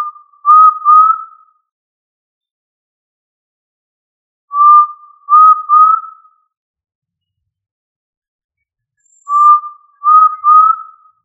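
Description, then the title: Tinamou giving soft, clear whistled triplets, the notes gently upslurred, with the phrase returning roughly every four to five seconds against silence. "Familia Tinamidae - Quail - Puyuh"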